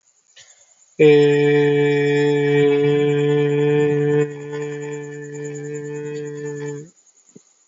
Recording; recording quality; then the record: sustained vowel as in made; excellent, no background noise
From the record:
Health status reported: healthy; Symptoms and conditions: none ticked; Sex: male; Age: 21 years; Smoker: not ticked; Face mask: not worn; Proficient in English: yes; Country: India